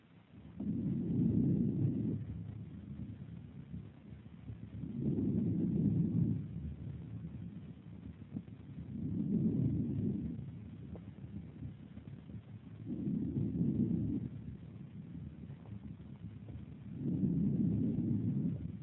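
Breath sounds heard by stethoscope over the right axillary region, the unaffected side, in an adult with a chronic abscess of the left lung in remission.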